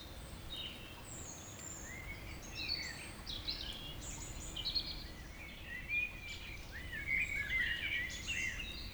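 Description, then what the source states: Birds singing, a chorus of varied sliding whistles and short warbled phrases from several birds over a steady low background rumble. Evening village birds in Tregastel, Pleumeur-Bodou, France, around 8 pm, humid weather, April 2019; recorded with MKH 8040 ORTF pair, Rycote windshield, Zoom H5.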